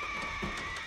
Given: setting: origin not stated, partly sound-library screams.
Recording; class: one-second piece from a danger detection set; woman in danger